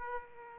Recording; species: mosquito wingbeat signal from an infrared sensor; Aedes aegypti